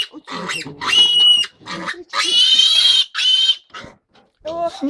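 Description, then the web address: Piglet squealing in a run of high, strained shrieks broken by short gaps, with lower grunting sounds between the squeals. "maialino"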